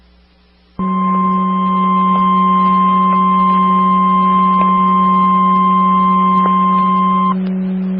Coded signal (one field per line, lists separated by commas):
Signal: Emergency Alert System (SAME) tones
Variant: 1050 Hz attention tone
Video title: 2014-06-17 - W3MIE 145.130 MHz Meadville ARES/RACES SKYWARN Repeater